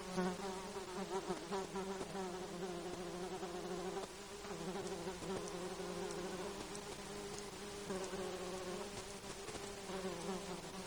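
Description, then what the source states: Mosquito buzzing throughout, several overlapping whining hums that waver and shift slightly in pitch, with light ticking and rustling noises underneath. Insects recorded in Alaska on 10 August 2012 at 19:10.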